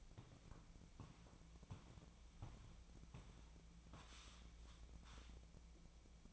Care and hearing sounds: daily activity, microphone in the room; walk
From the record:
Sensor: 1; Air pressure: 1012.2 hPa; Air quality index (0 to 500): 179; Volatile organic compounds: 3 ppm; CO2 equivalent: 1468 ppm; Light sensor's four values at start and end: 44/121/49/60 and 42/116/47/57

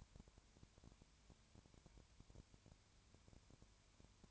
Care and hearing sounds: daily activity, microphone in the room; no activity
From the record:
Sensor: 2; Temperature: 20.3 degrees Celsius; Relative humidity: 33.8%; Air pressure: 1003.2 hPa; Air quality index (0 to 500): 82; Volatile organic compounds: 1 ppm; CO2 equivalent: 785 ppm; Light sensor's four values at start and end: 2/3/2/2 and 2/3/2/2

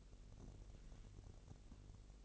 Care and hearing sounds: daily activity, microphone in the room; take from stove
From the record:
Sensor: 4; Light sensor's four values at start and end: 9/20/8/8 and 9/19/8/7

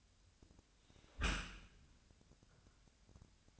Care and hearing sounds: daily activity, microphone in the room; close dishwasher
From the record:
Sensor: 2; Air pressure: 1006.5 hPa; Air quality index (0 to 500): 203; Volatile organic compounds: 14 ppm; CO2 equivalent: 2476 ppm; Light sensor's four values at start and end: 9/22/9/9 and 9/22/9/9

